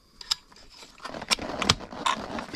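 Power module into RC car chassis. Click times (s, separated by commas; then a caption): 0.3 s, 1.7 s. The power module of an Arrma Outcast V2 RC truck is slid and rotated back into its slot in the plastic chassis and pushed in, with scraping and handling noise throughout. Sharp clicks sound at 0.3 s and 1.7 s as it snaps in and goes in easily, fully seated.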